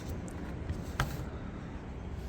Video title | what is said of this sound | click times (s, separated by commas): 2015 F150 Tailgate Step Swap w/ Button Handle | snaps in place | 1.0 s